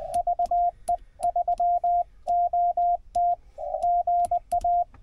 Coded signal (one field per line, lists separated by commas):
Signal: Morse code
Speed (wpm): 20 wpm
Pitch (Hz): 700 Hz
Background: radio noise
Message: VE3OT GA